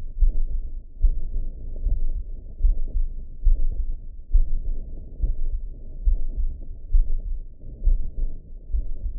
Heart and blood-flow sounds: heart sounds by optical stethoscope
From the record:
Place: mitral valve (MV)

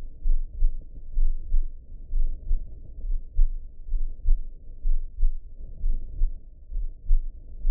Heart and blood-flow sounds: heart sounds by optical stethoscope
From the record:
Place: aortic valve (AV)

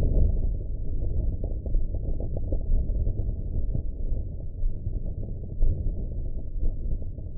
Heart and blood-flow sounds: heart sounds by optical stethoscope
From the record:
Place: aortic valve (AV)

